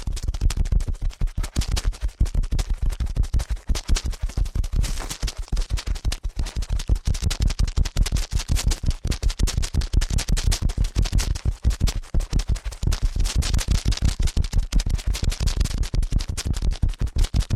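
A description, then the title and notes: Ear cleaning at a frantic pace: rapid, dense scratching and rubbing strokes follow one another almost without pause for the whole clip. Each stroke is a short rough burst with a strong low thump, repeating fast but unevenly, several times per second. ASMR Ear Cleaning at Helicopter Speed.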